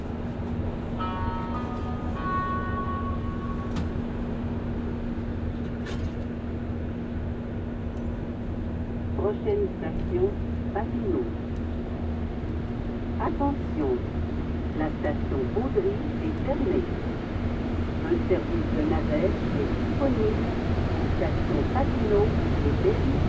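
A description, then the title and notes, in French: Inside Montreal's underground metro in winter, a steady low rumble and a constant hum fill the space as a train runs. A short run of beeping tones sounds near the start, and murmured voices rise and fall from about nine seconds on. Balade binaural dans le Montréal de l'hiver. Le métro, et la vie dans les souterrains du métro.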